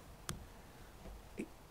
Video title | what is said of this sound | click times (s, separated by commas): 2020 DJI OSMO ACTION Astuces et accessoires. Sony X3000 tient toujours la route. | se clipse donc c'est parfait alors | 0.3 s